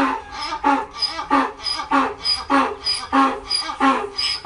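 Donkey bray: a steady see-saw series of several rasping, harmonic pulses at even intervals.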